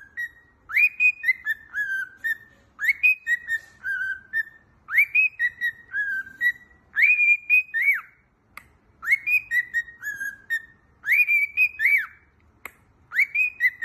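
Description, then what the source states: Cockatiel whistling one short tune over and over, about every two seconds: a quick rising note, then a few falling stepped tones. More than one cockatiel, singing with whistles.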